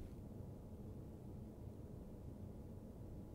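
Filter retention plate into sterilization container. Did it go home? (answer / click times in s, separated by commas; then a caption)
no / none. A filter retention plate is handled over a single-use filter in a sterilization container, with only a steady low rumble and broadband noise throughout and no distinct transients. Nothing has seated or clicked yet; the plate has not snapped into place.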